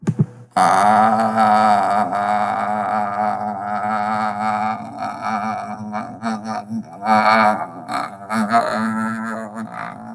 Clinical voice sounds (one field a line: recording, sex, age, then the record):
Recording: vowel held as long as possible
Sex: male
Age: 20 to 29 years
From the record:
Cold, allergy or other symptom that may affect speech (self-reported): no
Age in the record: 22 years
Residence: Florida, United States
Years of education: 16